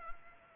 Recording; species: mosquito wingbeat signal from an infrared sensor; Culex pipiens